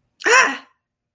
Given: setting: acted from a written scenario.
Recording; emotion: vocal sound without words; anger